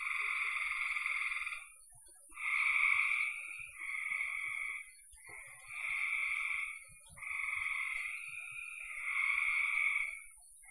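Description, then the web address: Frogs trilling in overlapping buzzy bursts of one to two seconds, rising and falling as a chorus with brief lulls. "cn frogs"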